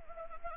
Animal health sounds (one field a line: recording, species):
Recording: mosquito wingbeat signal from an infrared sensor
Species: Anopheles gambiae